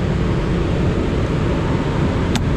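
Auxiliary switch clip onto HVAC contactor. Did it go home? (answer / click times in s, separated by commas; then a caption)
yes / 2.4 s. A second clip-on auxiliary switch is slid onto the opposite end of an HVAC contactor over a steady, broadband background rumble. A single short, sharp click sounds at 2.4 seconds as the switch clips on and seats into place.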